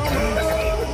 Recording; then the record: coughing mixed with background sound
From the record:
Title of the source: choking, hacking coughing